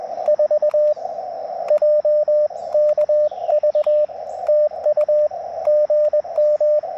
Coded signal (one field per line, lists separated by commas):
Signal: Morse code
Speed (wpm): 20 wpm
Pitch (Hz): 590 Hz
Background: radio noise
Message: 4JKV TU GM